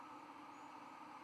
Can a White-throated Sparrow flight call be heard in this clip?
no